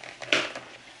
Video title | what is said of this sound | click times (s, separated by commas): How to change a Push Unite Paintball Mask Lens | you'll hear it pop like that | 0.3 s